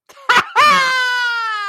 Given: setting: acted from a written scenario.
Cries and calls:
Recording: vocal sound without words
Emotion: triumph

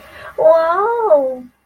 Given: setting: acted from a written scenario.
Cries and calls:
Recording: vocal sound without words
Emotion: positive surprise

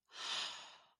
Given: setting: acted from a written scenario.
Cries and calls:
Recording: vocal sound without words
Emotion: awe

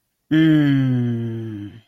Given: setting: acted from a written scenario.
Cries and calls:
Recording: vocal sound without words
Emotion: desire

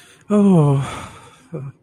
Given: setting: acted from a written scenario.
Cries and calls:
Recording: vocal sound without words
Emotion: elation

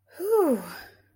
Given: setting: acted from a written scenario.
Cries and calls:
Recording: vocal sound without words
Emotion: contentment

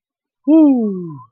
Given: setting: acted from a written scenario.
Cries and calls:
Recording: vocal sound without words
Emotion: relief

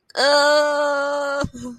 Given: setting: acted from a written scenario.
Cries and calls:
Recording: vocal sound without words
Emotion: disgust

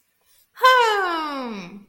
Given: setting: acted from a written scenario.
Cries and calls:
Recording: vocal sound without words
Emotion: pride

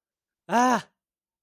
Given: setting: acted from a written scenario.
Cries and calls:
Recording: vocal sound without words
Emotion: distress

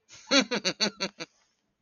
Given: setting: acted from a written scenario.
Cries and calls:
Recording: vocal sound without words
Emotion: amusement

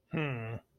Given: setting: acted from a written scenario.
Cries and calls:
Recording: vocal sound without words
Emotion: pride

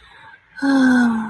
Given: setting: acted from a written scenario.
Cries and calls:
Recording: vocal sound without words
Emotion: disappointment

